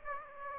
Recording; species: mosquito wingbeat signal from an infrared sensor; Aedes aegypti